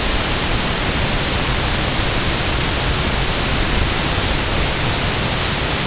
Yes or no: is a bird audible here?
no